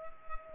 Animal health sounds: mosquito wingbeat signal from an infrared sensor; Culex pipiens

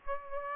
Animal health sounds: mosquito wingbeat signal from an infrared sensor; Aedes aegypti

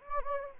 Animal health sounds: mosquito wingbeat signal from an infrared sensor; Anopheles gambiae

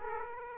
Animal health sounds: mosquito wingbeat signal from an infrared sensor; Aedes aegypti

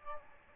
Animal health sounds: mosquito wingbeat signal from an infrared sensor; Aedes albopictus

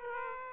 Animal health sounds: mosquito wingbeat signal from an infrared sensor; Aedes aegypti

